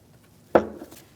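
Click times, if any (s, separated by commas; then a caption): 0.6 s. The red plastic connector position assurance clip on the washer fluid level sensor connector of a 2016-2025 Chevrolet Malibu washer reservoir is pushed in by hand. A single sharp snap at 0.6 s, followed by a brief ringing decay, marks the clip locking home, and the connector is seated.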